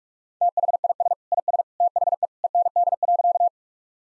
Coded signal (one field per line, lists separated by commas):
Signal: Morse code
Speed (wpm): 46 wpm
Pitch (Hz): 700 Hz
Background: none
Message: THIS IS THE END.